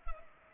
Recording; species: mosquito wingbeat signal from an infrared sensor; Culex pipiens